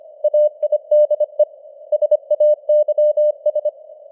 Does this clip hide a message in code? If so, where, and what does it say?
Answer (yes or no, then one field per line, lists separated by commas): yes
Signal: Morse code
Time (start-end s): 0.2-3.7 s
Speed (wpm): 25 wpm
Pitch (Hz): 600 Hz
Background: none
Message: AIDE SAYS